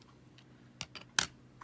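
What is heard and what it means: A serial port module with its L bracket is slid under the heat strip and wiggled into a Panasonic Toughpad FZ-G1 MK4 tablet housing until its small nubs and pegs lock it in place. After faint ticks, sharp snaps sound at 0.8 s and 1.2 s, with the second the loudest, and a softer tick follows near 1.6 s. The module is seated and secure.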